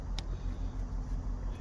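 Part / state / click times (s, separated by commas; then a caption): safety clip into the clutch switch electrical connector / seated / 0.2 s. The plastic safety clip on the clutch switch wiring connector of a Freightliner Cascadia is pushed back into place during a clutch switch replacement. A single short, sharp snap sounds at 0.2 s over a steady low rumble. The clip snaps in and is seated.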